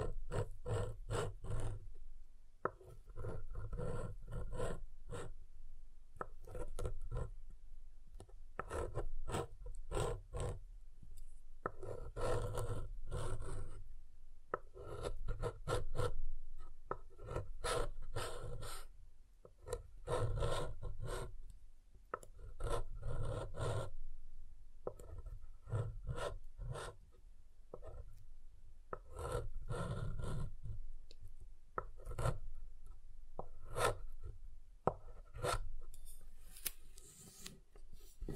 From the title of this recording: SoftHard Soap Tapping and Carving